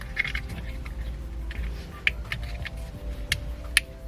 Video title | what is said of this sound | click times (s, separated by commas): Ram bass upgrade how to install the Pac Audio Sub Pro from the bay part 2 | lock it into place. You'll hear a little click. | 3.8 s